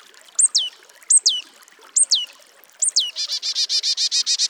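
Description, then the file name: Marsh tit calling: sharp high 'pitchoo'-like notes repeated four times, then a fast buzzy run of harsh rapid notes. "Poecile palustris"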